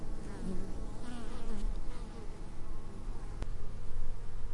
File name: bees in meadow close to a hive